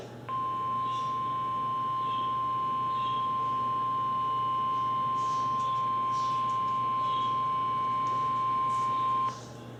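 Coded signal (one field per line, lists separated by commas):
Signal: Emergency Alert System (SAME) tones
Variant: 1050 Hz attention tone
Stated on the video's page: NOAA Weather Radio required weekly test, 162.525 MHz, received on Midland WR-30 weather radio.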